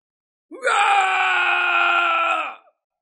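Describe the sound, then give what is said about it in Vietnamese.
A single sustained, anguished vocal roar of pain from an old man whose body is burning in fire, loud and strained with a rich harmonic tone, holding steady for about two seconds before cutting off. “Lão gầm thét một cách thê lương, nói: đây là ngũ hành chân quả trong truyền thuyết.”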